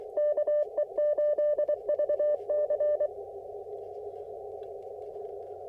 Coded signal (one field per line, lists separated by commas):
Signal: Morse code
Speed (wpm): 20 wpm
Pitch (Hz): 590 Hz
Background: radio noise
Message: KE8VC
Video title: Morning Morse Code - 2/19/24